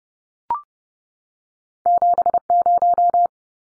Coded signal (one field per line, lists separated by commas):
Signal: Morse code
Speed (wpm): 30 wpm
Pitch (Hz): 700 Hz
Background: none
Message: 70